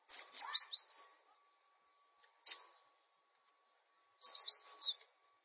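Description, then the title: Bird song: a short phrase of high slurred chirps, a single sharp note after a pause, then another quick run of high slurred notes. "LuckyPassaro"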